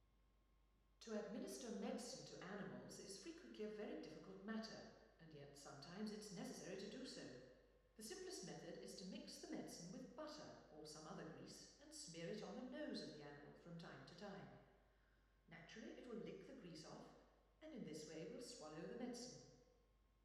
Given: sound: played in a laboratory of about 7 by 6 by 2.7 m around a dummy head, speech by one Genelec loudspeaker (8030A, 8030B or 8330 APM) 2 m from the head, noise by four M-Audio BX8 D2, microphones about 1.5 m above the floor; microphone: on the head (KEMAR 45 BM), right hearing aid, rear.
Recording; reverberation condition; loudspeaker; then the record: female speech in English; high; 90 degrees to the right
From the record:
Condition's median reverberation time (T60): about 1300 ms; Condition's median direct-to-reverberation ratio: about -4.0 dB